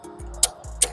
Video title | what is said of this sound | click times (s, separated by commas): Watch This Before You Buy! Oracle Lightweight Power Wheelchair Unboxing & First Look | Will snap right into place. | 0.4 s, 0.8 s